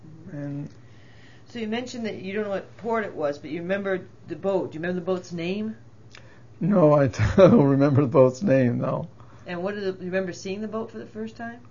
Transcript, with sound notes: So you mentioned that you don't know what port it was, but you remembered the boat. Do you remember the boat's name?
No. ( he laughs ) I don't remember the boat's name, no.
And what are the, do you remember seeing the boat for the first time?